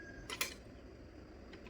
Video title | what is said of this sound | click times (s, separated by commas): taygot X2 tripod unboxing✨मला याची खूप गरज होती😀Amazon पार्सल @seemaschannle7433 | पण लॉक करायचं आहे लॉक केलं की हे लॉक झालं बघा तर आता हे मूव्ह नाही होणार | 0.4 s